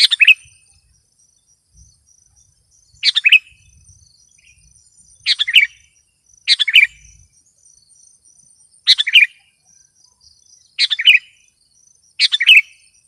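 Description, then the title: Sooty-headed bulbul repeating brisk chirping phrases at irregular gaps, faint steady high tones running throughout. "kutilang"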